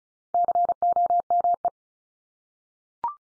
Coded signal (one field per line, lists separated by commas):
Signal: Morse code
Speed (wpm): 34 wpm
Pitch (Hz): 700 Hz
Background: none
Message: COME